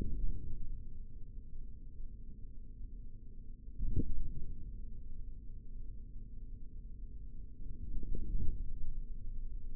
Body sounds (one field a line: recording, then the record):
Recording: forearm muscle sounds (acoustic myography)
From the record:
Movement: forearm supination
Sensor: system 3, bracelet of six PUI Audio POM-2738L microphones around the upper forearm, with dedicated amplification and filtering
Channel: 3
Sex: male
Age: 25 years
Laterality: right